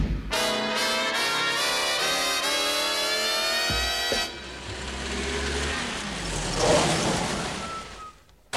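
A car engine starts with a steady, rising tonal whine for about four seconds, then gives way to a rough, rushing rumble as the vehicle drives off, swelling and fading.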